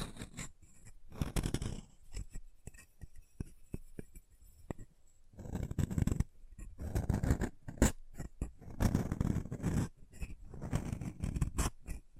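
Chalk being carved and cut in irregular scraping strokes, with sharp clicks and taps between denser gritty bursts around six and nine seconds.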